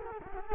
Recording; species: mosquito wingbeat signal from an infrared sensor; Culex quinquefasciatus